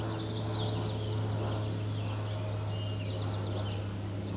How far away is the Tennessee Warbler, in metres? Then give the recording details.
about 20 m. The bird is about 15 m above the microphone. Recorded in a Pennsylvania forest on 16 May 2024 at 08:06. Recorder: AudioMoth, point MSD-2181. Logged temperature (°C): 12.8 °C. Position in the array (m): 145 m, 113 m